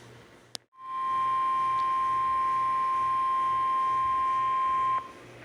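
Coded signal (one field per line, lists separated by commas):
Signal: Emergency Alert System (SAME) tones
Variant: 1050 Hz attention tone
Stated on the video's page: Severe thunderstorm warning EAS tones received from WBAP-AM and weather radio KEC55.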